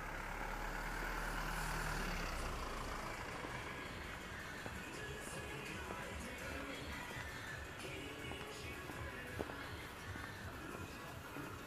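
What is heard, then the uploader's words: Saturday morning street sound in Shinjuku: a steady wash of traffic with a vehicle rumbling past in the first few seconds, its low drone fading out near the three-second mark. Voices and scattered clicks and knocks continue throughout, with a sharp tap just after nine seconds. Shinjuku,Saturday morning. Morning in bustling Shinjuku is different from night. Kabukicho～Hotel street～ Kabukicho,Sakura street～Kabukicho,Ichiban-gai～Omoide Yokocho～Shinjuku East exit.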